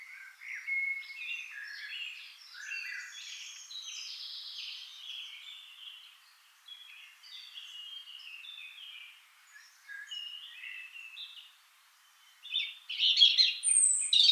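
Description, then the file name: European robin giving a long, continuous run of high, varied warbles and thin whistles at moderate volume, ending in a louder, sharp burst of notes. "Erithacus rubecula"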